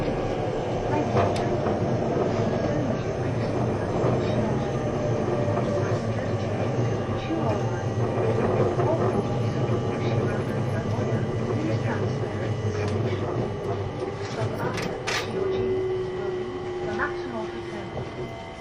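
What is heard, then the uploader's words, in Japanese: Running sound of a moving vehicle, likely a train: a dense, steady low rumble holds for the whole stretch, with faint humming tones above it. Sharp clicks break through around 1 and 15 seconds, and a gliding whine slides downward near the end. E257系 あずさ19号03 甲府～松本。音の旅(走行音)。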